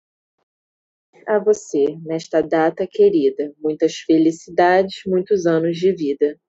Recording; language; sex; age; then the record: short text; Brazilian Portuguese; female; 18 to 19 years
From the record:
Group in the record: control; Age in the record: 19 years